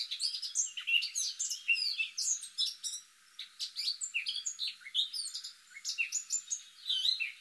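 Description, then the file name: Eurasian blackcap calls and chattering notes, busy bursts of short high chirps and sharp slurred notes in quick irregular runs with brief pauses. "Sylvia atricapilla"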